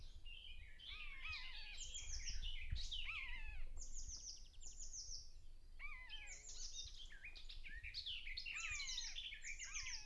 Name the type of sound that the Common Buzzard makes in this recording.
call